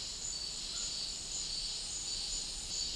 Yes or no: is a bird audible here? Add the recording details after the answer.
no. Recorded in dense forest near Puerto Asís, Putumayo, Colombia, on 20 February 2024 at 09:30. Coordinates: 0.500, -76.322. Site G6465